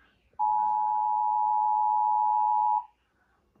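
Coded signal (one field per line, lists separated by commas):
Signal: Emergency Alert System (SAME) tones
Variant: 853 and 960 Hz attention tone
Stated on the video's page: Required Monthly Test EAS tones captured from a San Luis Obispo relay.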